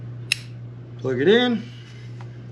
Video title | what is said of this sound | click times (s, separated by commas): 2022 Ford F250 Lariat Raptor Lights (How To Install) | audible click we'll leave that there let's go turn the truck on | 0.3 s